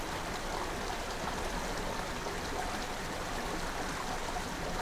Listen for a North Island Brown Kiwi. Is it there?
no